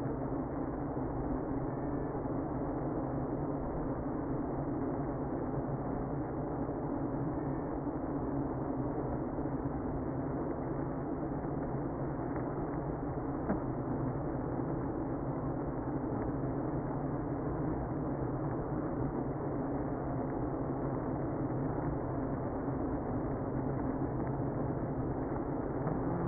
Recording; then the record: honeybee colony, microphone inside the hive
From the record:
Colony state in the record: queenless (queen removed); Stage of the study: after two queens were removed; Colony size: about 60,000 bees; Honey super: yes